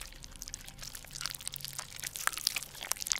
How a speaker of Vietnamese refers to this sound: Sau đó bà cụ nghiêng nghiêng đầu nhìn nhìn, rồi đột ngột đưa lên mồm, cắn lên éo một cái. Rồi cứ thế liên tục, bà cụ túm lấy từng con ếch, cho vào mồm nhai nhóp nhép.